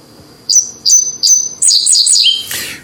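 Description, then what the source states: Dickcissel song: three sharp high notes, then a quicker run of notes ending on a lower one. Song said to sound like its name.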